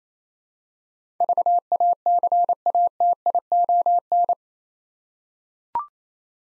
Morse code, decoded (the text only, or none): VACATION